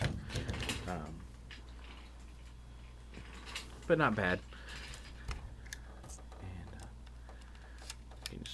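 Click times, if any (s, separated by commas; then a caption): 8.3 s. Someone talks while handling a Transformers Universe/Classics 2.0 Silverbolt toy figure, with light plastic clicks and handling noises throughout. A plastic part, likely the missile on its launcher, is pressed into the action figure and snaps into place with a sharp click at 8.3 s, seated.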